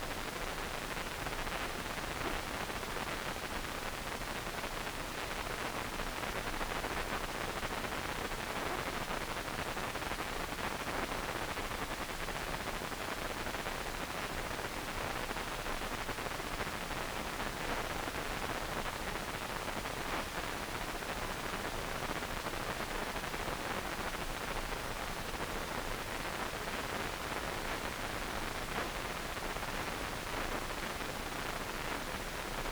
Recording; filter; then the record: brain microelectrode recording played as sound; wide band, above 20 Hz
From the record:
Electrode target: subthalamic nucleus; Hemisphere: right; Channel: 2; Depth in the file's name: 5.102 mm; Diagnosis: Parkinson's disease